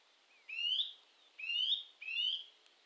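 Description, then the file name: Eurasian nuthatch calling three drawn-out, upward-sliding whistled notes in quick succession. "Sitta europaea"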